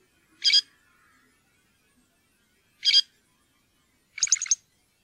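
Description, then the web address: Great grey shrike producing two harsh, rasping calls followed by a quicker, chattering note with a stuttering quality. "fuglelyder- varsler"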